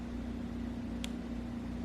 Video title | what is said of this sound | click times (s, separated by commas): Evader controller pt3 ( Wiring ) | Okay, so now that one clicked. | 1.0 s